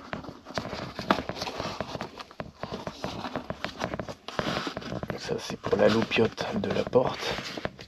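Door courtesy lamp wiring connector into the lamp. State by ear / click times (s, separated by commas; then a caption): not seated / none. While refitting the door panel on a 1992 Chrysler Le Baron convertible with the 3.0L V6 (136 hp), the wiring for the door courtesy lamp is pulled out and its plastic connector is handled toward the lamp, with brief sharp taps and rustling plastic throughout as someone talks. The connector has not clicked in or seated yet by the end of the clip.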